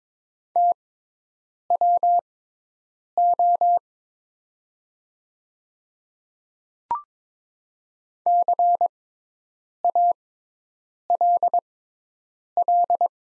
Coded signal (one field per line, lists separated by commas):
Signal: Morse code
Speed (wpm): 23 wpm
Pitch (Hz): 700 Hz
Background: none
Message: TWO CALL